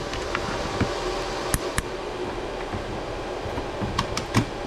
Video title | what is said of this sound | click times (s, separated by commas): Installing CPU on Motherboard!! | you'll hear it click and | 0.4 s, 1.5 s, 1.8 s, 4.0 s, 4.4 s